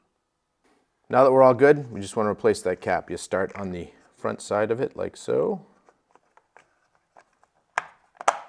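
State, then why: Seated. Someone talks while refitting the plastic battery-area cover cap on a 2018-or-newer Honda Gold Wing motorcycle after wiring a Goldstrike LED lighted flag pole, starting the cap on its front side and pressing it down. After a few faint small ticks, two loud sharp snaps at 7.8 s and 8.3 s mark the cap seating into place on the body panel.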